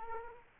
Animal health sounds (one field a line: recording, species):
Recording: mosquito wingbeat signal from an infrared sensor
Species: Culex quinquefasciatus